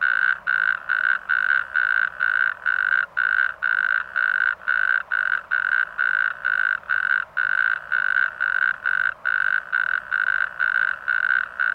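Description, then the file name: Natterjack toad producing a long series of even, rattling pulses, roughly two per second, loud and continuous throughout. "rugstrpad"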